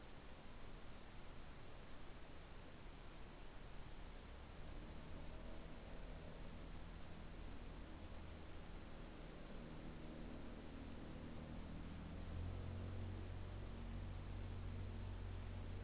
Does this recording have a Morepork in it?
no